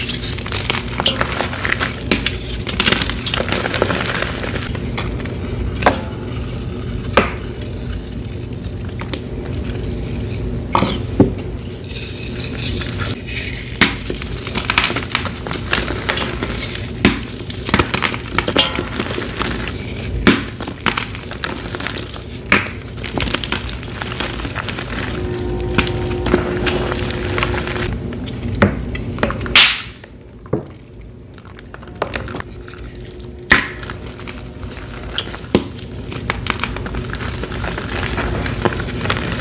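Soft dyed chalk is crushed and squished, with dense crinkling crunches and frequent sharp cracks, briefly quieter near thirty seconds.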